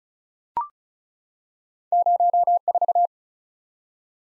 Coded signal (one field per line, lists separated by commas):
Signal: Morse code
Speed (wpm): 36 wpm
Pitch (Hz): 700 Hz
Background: none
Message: 04